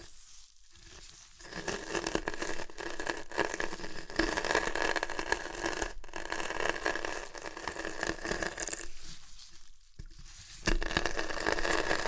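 Crunchy chips being crushed and eaten, with dense crackling and crinkling that runs almost continuously from about 1.5 seconds on. Brief quieter gaps come near the start and around 9–10 seconds, and a louder burst of crunching arrives near 10.5 seconds.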